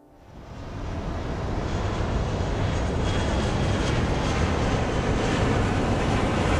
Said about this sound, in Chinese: 飞机经过短暂的加速，冲上云霄。